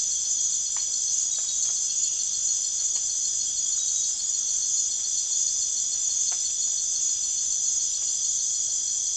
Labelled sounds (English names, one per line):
none